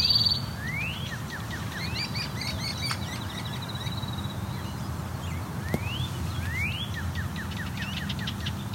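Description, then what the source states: Great crested flycatcher calls: a few rising whistled wheeps, one early and others later, among scattered short chirps and trills over a constant low rumble. Several birds fighting, up to four present; Dundas Valley, Hamilton, Ontario; area acoustically urban, affected by surrounding population.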